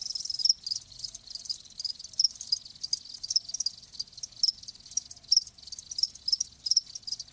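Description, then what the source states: Crickets giving a soft, steady high chirping chorus, with slightly louder pulses standing out now and then. Live crickets chirping.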